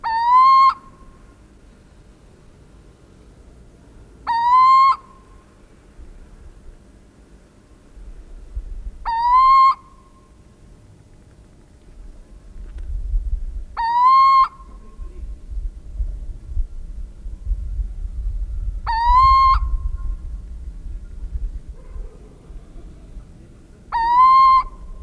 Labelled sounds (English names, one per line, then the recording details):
Little Owl call
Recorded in the wild
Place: Presenske, Insel Rügen, Mecklenburg-Vorpommern, DE
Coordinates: 54.638, 13.359
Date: 1974-04-24
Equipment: Nagra III BH, Sennheiser MD 21, parabola
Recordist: Schubert, Michael